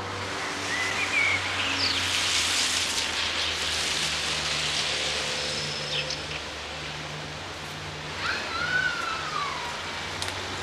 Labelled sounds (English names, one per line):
Common Blackbird song